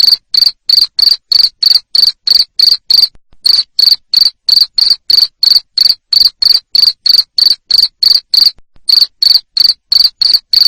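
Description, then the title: Cricket giving loud, high, pulsed chirps at a brisk regular pace of roughly three per second, with two brief pauses. Loud cricket chirping played to make lovebirds sing continuously. "Suara JANGKRIK NGERIK Keras Bikin LOVEBIRD Jadi NGEKEK Terus Vubey"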